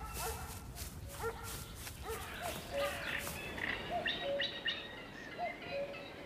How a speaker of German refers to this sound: Das Gebell habe ich noch kilometerweit in den Ohren.